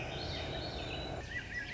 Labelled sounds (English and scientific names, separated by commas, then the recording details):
Swainson's Thrush (Catharus ustulatus)
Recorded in Sonoma County, California